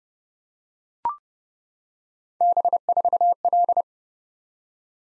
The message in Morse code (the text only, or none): B4L